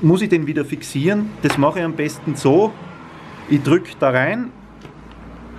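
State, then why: Seated. A brake stopper on an ATK Crest alpine touring pin binding is pressed in and down until it locks. Someone talks through most of the clip, and a small click is heard at 4.8 s as the stopper snaps into place and seats.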